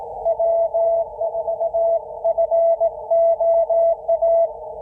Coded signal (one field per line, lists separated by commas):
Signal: Morse code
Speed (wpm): 19 wpm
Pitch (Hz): 690 Hz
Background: none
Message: W4FOA